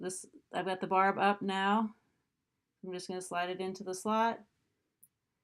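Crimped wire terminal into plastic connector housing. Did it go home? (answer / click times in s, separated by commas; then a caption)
yes / 5.0 s. A crimped metal terminal on a red wire is slid barb-up into a slot of a small plastic JST connector housing while someone talks. A short, quiet click is heard at 5.0 s as the barb catches in the housing window. The terminal is seated and the wire can no longer be pulled out.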